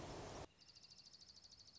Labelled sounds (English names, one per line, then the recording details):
Dark-eyed Junco
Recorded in Sonoma County, California